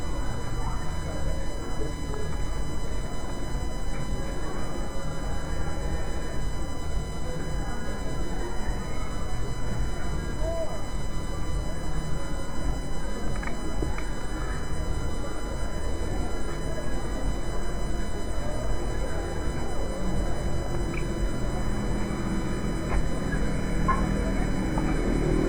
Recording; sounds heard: poultry house recording; healthy chickens